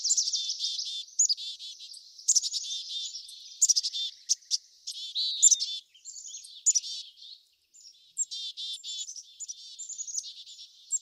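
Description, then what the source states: Busy birdsong with overlapping high chatter, fast trills and crisp chirps, and a short lull just past the seventh second. Birds in a backyard; ambient nature sounds.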